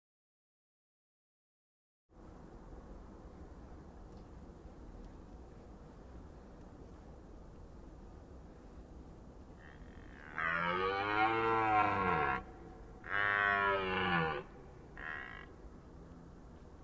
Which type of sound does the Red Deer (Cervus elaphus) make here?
rut call